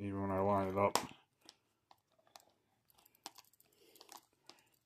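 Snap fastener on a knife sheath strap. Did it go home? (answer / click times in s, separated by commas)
no / none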